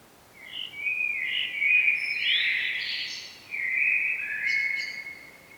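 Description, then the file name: Common blackbird uttering two long, squeaky, buzzing phrases separated by a brief break, the second ending in faint high flicks. "Turdus merula"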